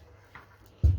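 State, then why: Not seated. A T-shank saw blade is pushed into the blade holder of a 710W Fieldmann FDP 200712-E jigsaw, giving a faint brief sound near 0.3 s and a louder low thud near 0.8 s. Unlike other T-shank blade holders, nothing has seated or clicked yet, and the blade will not go any deeper.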